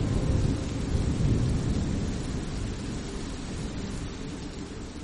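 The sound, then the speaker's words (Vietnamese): A storm roars steadily, deep rolling thunder rumbling beneath a dense wash of rushing wind and rain-like noise, loud and unbroken throughout, with no voices. “Vài phút sau, những âm thanh kỳ lạ đều biến mất đi, chỉ còn tiếng gió rít hòa ca cùng tiếng sấm đì đùng trên không trung.”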